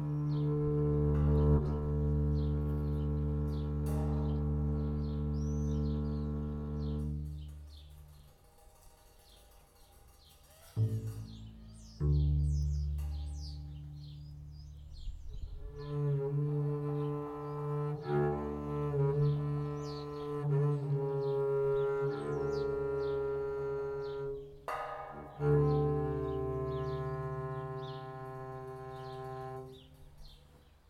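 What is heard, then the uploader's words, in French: Swallows chirp and twitter high above low, sustained bowed tones and plucked notes that answer one another. A deep droning note holds for the first eight seconds, fades, then returns in new pitches with sharp attacks near 11, 15 and 25 seconds. Beaucoup d'oiseaux voltigent dans les arbres. Sido a des percussions. Je joue de la contrebasse. Les hirondelles font écho à nos sons qui se répondent entre pose d'archet ou pizzicato, lame de métal ou lame de bois.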